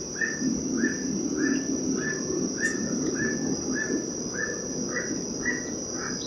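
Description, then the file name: Emerald toucanet giving a rhythmic series of hoarse croaks roughly every half second, with a continuous high insect drone behind. "aulacorhynchus prasinus"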